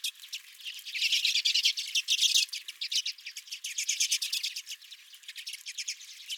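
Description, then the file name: Redpolls giving dense, overlapping chattering calls, rapid dry chips and twitters from several birds, loudest in the first half and continuing without pause. Redpolls at the recordist's feeder. "Redpolls at My Feeder"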